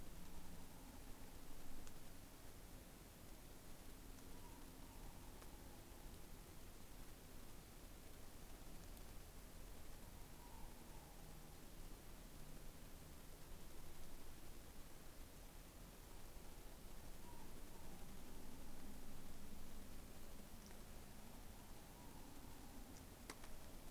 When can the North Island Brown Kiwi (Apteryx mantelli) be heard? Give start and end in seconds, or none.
none